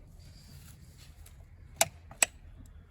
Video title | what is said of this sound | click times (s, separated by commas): DIY - 2014 Opel Corsa D 1.4: Full service (air, cabin, oil filters, spark plugs and oil) | So go ahead and twist until it clicks. | 1.8 s, 2.2 s